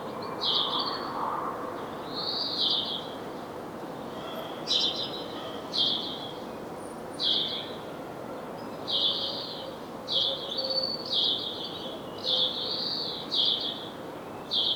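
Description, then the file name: House sparrow chirping: a loose run of short, harsh notes, single and in quick pairs, irregularly spaced over steady background hiss. "Passer domesticus"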